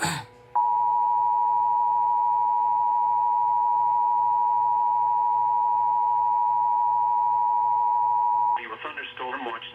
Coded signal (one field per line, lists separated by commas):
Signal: Emergency Alert System (SAME) tones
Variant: 853 and 960 Hz attention tone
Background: speech